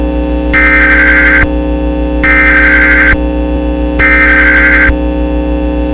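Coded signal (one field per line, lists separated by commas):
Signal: Emergency Alert System (SAME) tones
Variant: header bursts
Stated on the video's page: SAME tones in a fictional EAS scenario.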